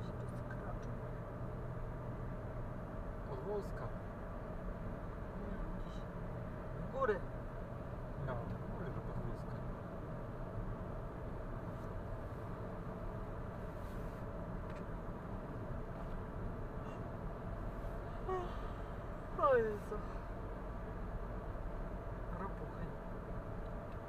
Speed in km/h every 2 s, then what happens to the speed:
58, 58, 58, 58, 59, 59, 62, 61, 64, 66, 67, 62.
0-11 steady at about 58. 11-17 speeds up to 66. 17-24 steady at about 66.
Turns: none.